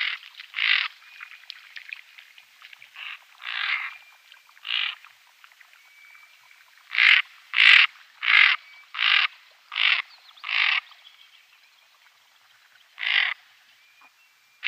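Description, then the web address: Greater scaup calling with rough, grating notes in loose bursts, a quick run of six in the middle, then a pause and one more. Females. "Schulze Peter Greater Scaup females"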